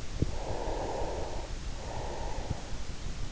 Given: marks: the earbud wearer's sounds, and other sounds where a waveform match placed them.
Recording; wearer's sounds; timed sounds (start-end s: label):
sounds in sleep by an in-ear microphone; breath
0.43-3.29 s: breath